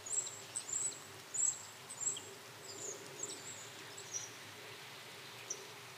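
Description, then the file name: Common blackbird giving thin, very high, short calls in a quick irregular series, strongest over the first two seconds and then fading to fainter notes. "Turdus merula"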